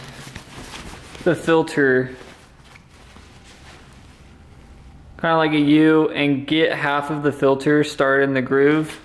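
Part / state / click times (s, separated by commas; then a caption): filter into central vacuum dirt bin groove / not seated / none. A cloth HEPA filter for a Prolux CV12000 central vacuum is bent into a U shape, and half of it is started in the groove of the dirt bin while someone talks. Only quiet handling sounds and brief ticks are heard between the talking. Nothing has seated or clicked yet.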